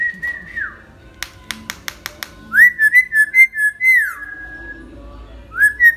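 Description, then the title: Hill myna whistling: a long level whistle falling away, a rapid series of sharp clicks, then a run of loud, rich, wavering whistles and a rising note at the end. Hill myna (beo) described as gacor, recorded as a tutor (masteran) recording for training other birds. "Suara Burung Beo Gacor Cocok Untuk Masteran"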